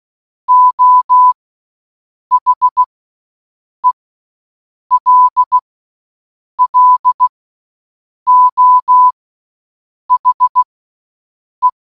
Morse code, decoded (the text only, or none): O HELLO HE